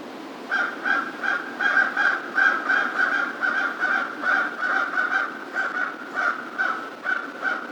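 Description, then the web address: American crow cawing in a rapid, continuous series of short, harsh notes. Recorded on 2 March 2010. "2010 03 02 American Crow"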